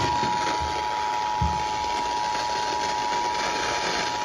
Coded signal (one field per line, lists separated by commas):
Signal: Emergency Alert System (SAME) tones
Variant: 853 and 960 Hz attention tone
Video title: (FOUND) North Carolina Amber Alert on Multiple stations (New EAS #114-117)